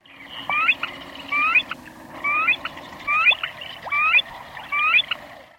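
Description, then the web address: Eared grebe calls: a short rising whistled note repeated about every 0.9 seconds, six times in a steady series, with a faint low hum underneath. "Thumbs Plus Zoo Field Guide Repository Sounds"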